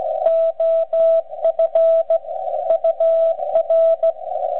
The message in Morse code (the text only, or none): OF UR